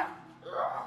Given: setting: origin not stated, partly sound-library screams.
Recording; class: one-second piece from a danger detection set; woman in danger